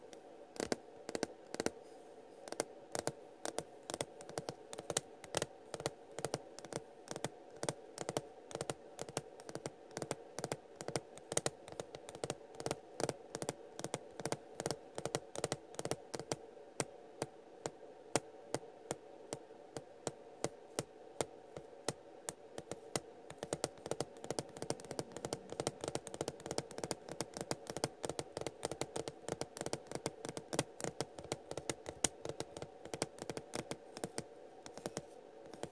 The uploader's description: Tapping ASMR sounds